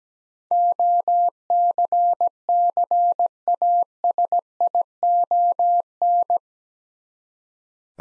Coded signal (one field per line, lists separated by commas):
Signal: Morse code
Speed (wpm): 17 wpm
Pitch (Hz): 700 Hz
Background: none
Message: OCCASION